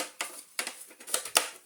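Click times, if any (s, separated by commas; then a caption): 1.4 s. A removed mesh filter shroud, a plastic and mesh filter cover that only fits one way, is refitted into the body of a bagless Miele Blizzard Blue SKRF3 vacuum cleaner. A run of light plastic handling taps and knocks leads to a sharp final click at 1.4 s as the shroud seats back in place.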